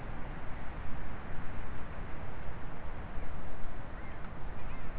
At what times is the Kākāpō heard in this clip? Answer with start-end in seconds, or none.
none